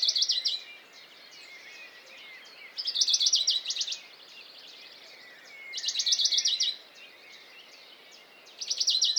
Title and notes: CHORUS DE BONELLI. 06 mai 2020-Piste aux espagnols - Valmaravel - Drôme - Nagra seven - mkh40 Le chorus (lever du jour des oiseaux) est très intéressant ce matin de mai par ce chant étonnant du Pouillot de Bonelli (Phylloscopus bonelli)